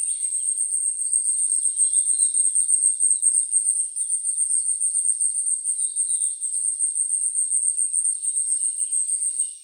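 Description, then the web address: Asian stubtail song: an unbroken stream of thin, very high, ticking pulses, steady throughout. Recorded 21 April 2014; Japanese name yabusame. "birdenaga yabusame 140421"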